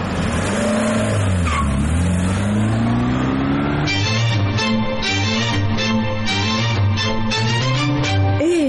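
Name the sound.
taxi car driving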